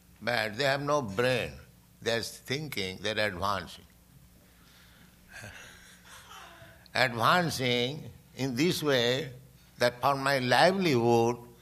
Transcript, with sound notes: But they have no brain. They're thinking they're advancing. [chuckles] Advancing in this way, that "For my livelihood